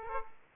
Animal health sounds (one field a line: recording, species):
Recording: mosquito wingbeat signal from an infrared sensor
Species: Aedes aegypti